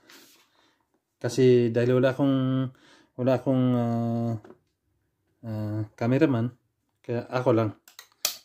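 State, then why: Seated. A part of a small home exercise device is pushed into its socket while someone talks. A sharp, loud click is heard at 8.3 seconds as the part seats in place.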